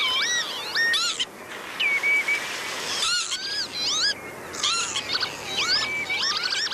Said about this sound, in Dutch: Maar over een andere weidevogel ging het veel minder, de kievit. Terwijl je zou denken dat dat toch ook een soort nationale vogel is. Want we kennen allemaal toch wel zijn kenmerkende zang.